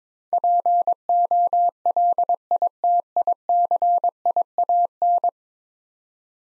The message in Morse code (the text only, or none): POLITICIAN